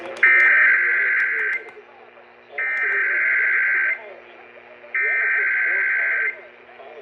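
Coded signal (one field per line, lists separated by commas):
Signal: Emergency Alert System (SAME) tones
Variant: header bursts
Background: speech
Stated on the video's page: Real Required Monthly Test originated by WNYC-FM 93.9 MHz, caught on five different radio stations in New York City.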